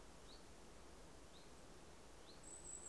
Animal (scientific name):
Phylloscopus collybita